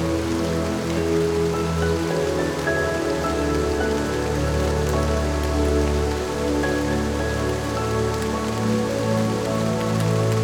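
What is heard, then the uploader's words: Rain falls steadily on a summer day, a dense, even patter spread across the whole clip with no pauses. Beneath it runs a low, sustained hum with shifting tones, like traffic or machinery, and faint brighter drips ping now and then. Rainy Day in the Summer.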